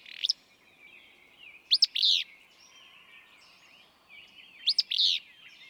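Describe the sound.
Willow flycatcher gives two abrupt sneezing phrases, two sharp notes then a rough buzz, roughly three seconds apart, with faint background bird twitter.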